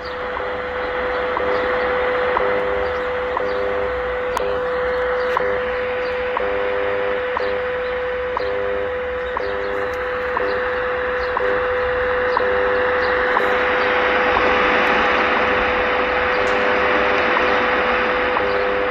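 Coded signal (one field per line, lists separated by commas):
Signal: radio time signal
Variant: WWV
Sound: steady mid-pitch tone broken by short ticks once a second, under heavy hiss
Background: radio static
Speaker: now wwe 15 megahertz with the texan pl 990x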